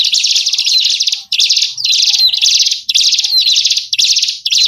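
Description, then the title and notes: Bird calls: harsh, buzzy chattering bursts about a second long, repeated with short gaps, loud and high-pitched with a quiet background. Lure sounds to attract wary birds that are hard to bring close. "Suara Burung Bandel Yang Susah Mendekati. Suara Pikat Burung"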